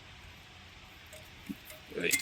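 A brake pad (shoe) is handled by hand at the caliper bracket and its retaining clips on a 2012 Honda Ridgeline RTL during a caliper change, with faint metallic clinks around 1.5 s and a louder jangle near 2.0–2.2 s while someone talks. Nothing has seated or clicked into the clips yet.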